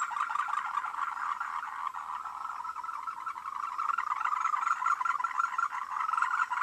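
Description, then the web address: Frogs calling in a dense, unbroken chorus of rapid croaking pulses that continues without pause for the whole stretch. "voice cam frogs"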